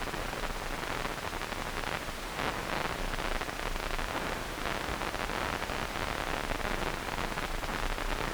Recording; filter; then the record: brain microelectrode recording played as sound; wide band, above 20 Hz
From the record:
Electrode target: subthalamic nucleus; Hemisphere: right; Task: reaching with the left hand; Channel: 2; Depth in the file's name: 1.506 mm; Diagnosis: Parkinson's disease